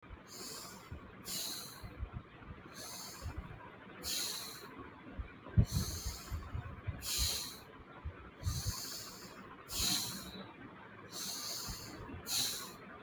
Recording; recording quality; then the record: deep breathing; excellent, no background noise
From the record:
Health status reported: healthy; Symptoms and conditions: none ticked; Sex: male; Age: 31 years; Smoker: not ticked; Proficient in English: yes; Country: India